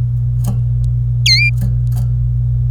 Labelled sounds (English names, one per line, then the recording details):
Domestic Canary song
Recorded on 25 April 2018 at 14:27
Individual llb3